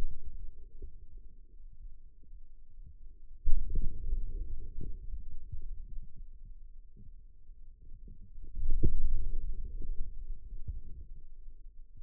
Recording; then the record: forearm muscle sounds (acoustic myography)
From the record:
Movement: inward rotation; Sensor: system 2, bracelet of six BSWA MPA416 microphones around the upper forearm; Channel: 3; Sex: male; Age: 22 years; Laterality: right